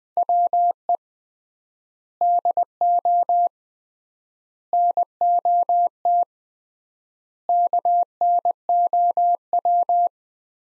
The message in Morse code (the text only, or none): WE DO NOT KNOW